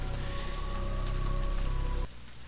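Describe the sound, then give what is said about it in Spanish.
Heavy rain pours down outside in Mexico in a steady, dense hiss, with a faint music bed humming underneath; the downpour cuts off abruptly near the end. “Y como ustedes alcanzan a escuchar, a lo mejor debajo del fondo que ponemos siempre de música, ustedes van a alcanzar a oír que se está cayendo el cielo allá afuera.”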